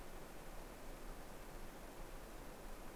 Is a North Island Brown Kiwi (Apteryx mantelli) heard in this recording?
no